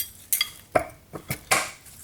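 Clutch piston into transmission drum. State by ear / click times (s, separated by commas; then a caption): seated / 0.3 s. A direct clutch piston with rubber seals is worked down into a metal TH400 transmission drum, giving a sharp pop at 0.3 s as it seats home, followed by several more short metallic knocks and clanks. The piston is seated and then turns freely.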